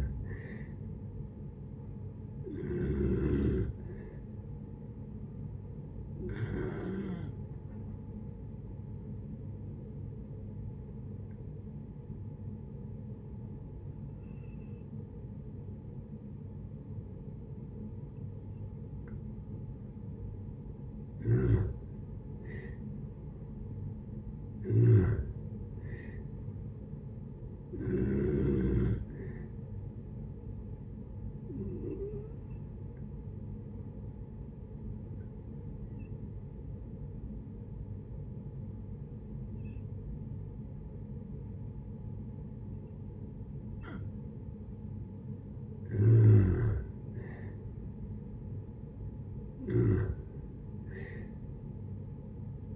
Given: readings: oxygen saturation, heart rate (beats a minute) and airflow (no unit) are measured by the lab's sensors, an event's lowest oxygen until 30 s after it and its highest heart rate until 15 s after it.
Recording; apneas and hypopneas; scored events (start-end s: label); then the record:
breathing in sleep by a smartphone at the bedside; 2
4.00-22.70 s: hypopnea (N2, oxygen 95% highest, then 87% lowest, heart rate 64 at the start, 74 highest)
30.00-47.30 s: hypopnea (N2, oxygen 95% highest, then 88% lowest, heart rate 71 at the start, 74 highest)
From the record:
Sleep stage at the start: N2 (light sleep); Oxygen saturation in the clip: 87 to 95%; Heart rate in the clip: 60 to 74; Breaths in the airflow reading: 12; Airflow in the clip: -7.8 to 6.4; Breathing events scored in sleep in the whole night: 496 in 5.4 hours asleep